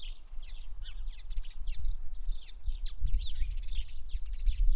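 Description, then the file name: House sparrow chirps, sharp, bright notes repeated rapidly and overlapping from several birds, over a steady low rumble. "Passer domesticus"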